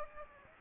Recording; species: mosquito wingbeat signal from an infrared sensor; Aedes aegypti